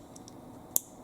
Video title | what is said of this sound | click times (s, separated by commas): How to ReKey a Schlage Door Knob Lock | There it goes, locked in place. | 0.8 s